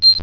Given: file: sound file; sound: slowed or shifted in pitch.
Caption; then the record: Short vocalization from a male B6 pup at pnd 8.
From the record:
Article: Unusual Repertoire of Vocalizations in the BTBR T+tf/J Mouse Model of Autism